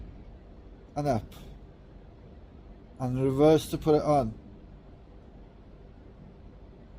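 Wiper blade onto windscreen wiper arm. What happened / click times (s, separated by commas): Wiper blade lined up on arm before push / none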